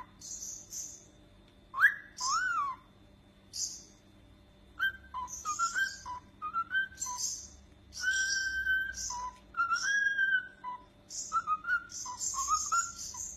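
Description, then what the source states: Cockatiel whistling: arched and level whistled notes alternating with harsh, raspy chirps, over a faint low hum. Several cockatiels whistling and singing.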